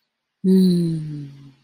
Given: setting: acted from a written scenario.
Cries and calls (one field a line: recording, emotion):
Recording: vocal sound without words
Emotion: serenity